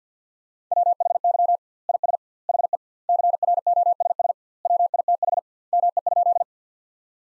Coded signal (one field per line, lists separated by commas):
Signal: Morse code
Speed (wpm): 50 wpm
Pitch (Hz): 700 Hz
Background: none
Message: WHY IS HE CROSS WITH ME?